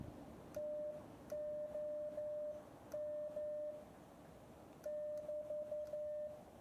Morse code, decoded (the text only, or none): TOM <BT>